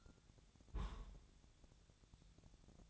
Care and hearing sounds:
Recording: daily activity, microphone in the room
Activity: place on stove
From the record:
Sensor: 3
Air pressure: 999.2 hPa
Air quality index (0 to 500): 200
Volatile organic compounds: 47 ppm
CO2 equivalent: 3259 ppm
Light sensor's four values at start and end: 7/17/7/6 and 7/17/7/6

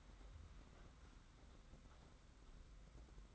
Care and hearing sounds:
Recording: daily activity, microphone in the room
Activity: open fridge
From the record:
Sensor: 3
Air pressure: 991.8 hPa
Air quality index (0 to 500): 216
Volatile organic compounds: 1000 ppm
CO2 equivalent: 7367 ppm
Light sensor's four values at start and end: 33/98/40/34 and 33/98/40/34

